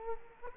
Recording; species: mosquito wingbeat signal from an infrared sensor; Culex quinquefasciatus